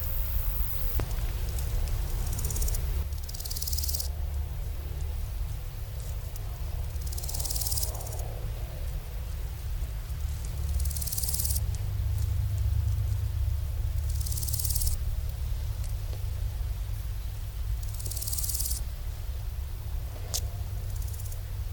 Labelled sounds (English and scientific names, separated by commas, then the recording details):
Large Gold Grasshopper (Chrysochraon dispar) stridulation
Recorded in the wild
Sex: male
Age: imago
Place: Caputh, Brandenburg, DE
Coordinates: 52.3364, 12.955
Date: 1996-07-21 14:21
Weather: sunny, 23°C
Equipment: Sony MD-WM MZ-R3, Sennheiser MKH 416 T, Kopie Uher 4000 Report Monitor
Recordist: Tembrock, Günter